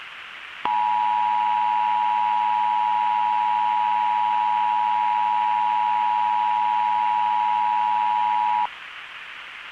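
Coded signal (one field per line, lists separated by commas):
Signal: Emergency Alert System (SAME) tones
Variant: 853 and 960 Hz attention tone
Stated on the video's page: Fictional EAS scenario, a remaster of an earlier scenario with an added analog feel.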